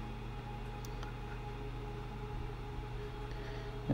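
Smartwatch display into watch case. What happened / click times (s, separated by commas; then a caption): The watch screen was positioned in the case without snapping in / none. A replacement display for an Apple Watch Series 1 is hinged into the watch case hinge side first and laid into place, ready to be pressed down onto the clip side. A steady low hum runs underneath, with two faint ticks at about 0.9 and 1.0 seconds and a louder bump right at the end. Nothing has seated or clicked yet.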